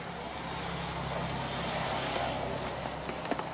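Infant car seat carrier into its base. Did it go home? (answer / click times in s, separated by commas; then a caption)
no / none. An infant car seat carrier is handled and lowered toward its vehicle-installed base over a steady low rumble and broadband background noise. Two short, sharp knocks come at about 3.3 and 3.4 seconds. Nothing has seated or clicked into the base yet.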